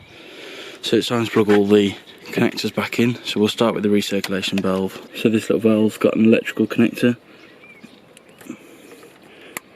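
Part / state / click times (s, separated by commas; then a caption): electrical connector onto engine recirculation valve / seated / 9.6 s. Someone talks while refitting the plastic electrical connector onto the recirculation valve of a Gen. 1 Mini engine during a camshaft sensor job. The talk stops at about 7.1 seconds, leaving quiet handling noise with small taps at 8.2 and 8.4 seconds. A sharp click at 9.6 seconds marks the connector seating onto the valve.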